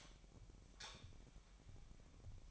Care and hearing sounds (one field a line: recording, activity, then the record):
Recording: daily activity, microphone in the room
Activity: light off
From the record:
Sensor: 1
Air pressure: 1011.9 hPa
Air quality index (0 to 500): 233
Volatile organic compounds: 6 ppm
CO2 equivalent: 1861 ppm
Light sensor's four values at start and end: 18/50/20/22 and 15/35/15/17